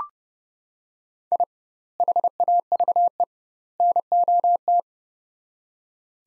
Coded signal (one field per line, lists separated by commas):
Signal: Morse code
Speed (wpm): 30 wpm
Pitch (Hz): 700 Hz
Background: none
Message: I HAVE NOT